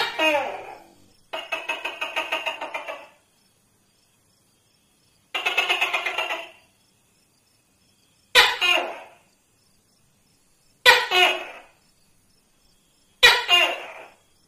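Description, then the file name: Tokay gecko giving two long buzzy pulsed rattles, then three loud, sharp double-noted barks spaced about two and a half seconds apart. "tieng-tac-ke-keu-5-tieng"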